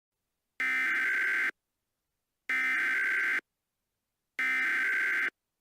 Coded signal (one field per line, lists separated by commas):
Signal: Emergency Alert System (SAME) tones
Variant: header bursts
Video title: EAS Mock Scenario: Easter Bunny Rampage